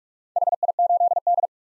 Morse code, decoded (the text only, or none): HI8D